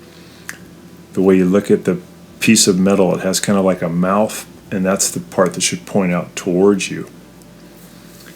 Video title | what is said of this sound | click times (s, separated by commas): ✨ ELECTRIC STOVE BURNERS NOT HEATING UP—EASY FIX ✨ | top of the stove, and it just clicks right on top. | 0.5 s